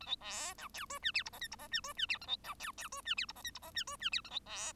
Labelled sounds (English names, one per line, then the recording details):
Bengalese Finch song
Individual Bird1